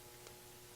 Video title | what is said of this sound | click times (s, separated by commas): 2013 Kia Sorento Review | as you can see, lock into place. | 0.3 s